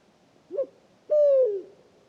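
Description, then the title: Pharaoh eagle-owl giving a two-part hoot, a quick muffled first note and then a sustained, booming second note tapering lower, in near silence. Hooting at 3 a.m. on 8 March 2019 on a pitch-dark night at Oued Enoicre, Mauritania; first heard from afar, then approached to about ten metres with a parabolic reflector (Tlp7) and a Mixpre3. "Grand-duc du désert - Mauritanie"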